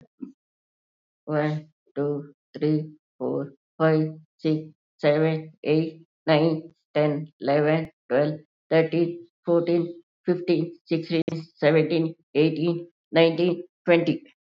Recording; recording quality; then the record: counting at a normal pace; excellent, no background noise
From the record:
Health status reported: COVID-19 positive, moderate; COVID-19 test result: positive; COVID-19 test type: RT-PCR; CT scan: not taken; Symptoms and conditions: cough, fever, fatigue, hypertension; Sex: female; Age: 71 years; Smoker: no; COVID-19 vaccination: both doses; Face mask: worn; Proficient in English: no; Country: India